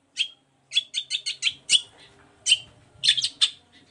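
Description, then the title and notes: Long-tailed shrike song with choppy, high chirps in uneven runs, some notes clipped and sharp, separated by short pauses. Shrike recorded in the morning, singing varied 'toet toet' phrases; used as a lure to provoke other shrikes into answering. "Cendet Gacor Dor Di Kala Pagi Toet Toet Variasi Suara. Pancingan Emosi Cendet Gacor Full Variasi Toet Toet Bikin Nyaut Cendet Lain Langsung Ikutan Bunyi. Burung cendet"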